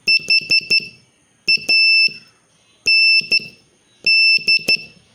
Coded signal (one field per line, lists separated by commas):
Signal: Morse code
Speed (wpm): 13 wpm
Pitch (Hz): 2650 Hz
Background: none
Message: HAND